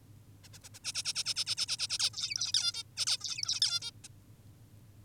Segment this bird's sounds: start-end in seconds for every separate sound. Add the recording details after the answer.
0.44-0.48, 0.54-0.58, 0.64-0.69, 0.74-0.79, 0.84-0.92, 0.94-1.03, 1.05-1.13, 1.15-1.24, 1.26-1.34, 1.36-1.45, 1.47-1.55, 1.57-1.66, 1.68-1.77, 1.79-1.88, 1.90-1.98, 1.99-2.10, 2.14-2.52, 2.54-2.73, 2.74-2.83, 2.97-3.06, 3.07-3.18, 3.21-3.60, 3.62-3.80, 3.82-3.91, 4.04-4.08. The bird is an adult. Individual g19o10U